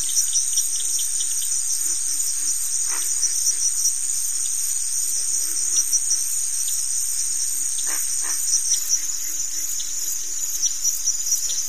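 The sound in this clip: Crickets in a continuous high, pulsing chorus, with a couple of brief scratchy noises partway through.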